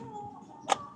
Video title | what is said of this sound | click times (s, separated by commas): Instalasi listrik di rumah lengkap dan tutorial nya✅#pov #tipsandtrick #tutorial #vlog #viral | Nah, kalau sudah klik tinggal diputar. | 0.7 s